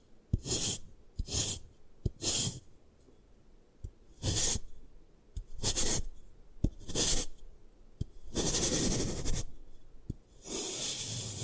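Gym chalk is crushed and broken in a string of short, bright, hissing bursts, each about half a second long, coming roughly every second. Sharp little clicks and taps fall between them, and one longer, rougher crunch runs near the end.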